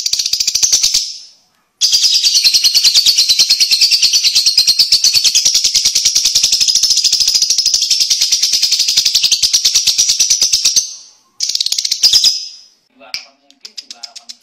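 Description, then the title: Lovebird trilling in long bursts of rapid, shrill pulses, one short phrase then a sustained run of about nine seconds, a shorter burst, and a few brief chirps. Training (masteran) audio for lovebirds, meant to teach them the long continuous ngekek trill; lovebird called labet. "Kicau Lovebird Terapi Masteran LABET Agar Labet Cepet NGEKEK PANJANG"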